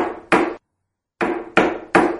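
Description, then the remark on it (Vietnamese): Knocking on a wooden door using a bear-head knocker: two solid raps, a brief silence, then three more firm, evenly spaced knocks with short resonant decays and no voices. “Tôi nắm lấy đầu con gấu, gõ cửa, và kìa, hình như cửa không đóng.”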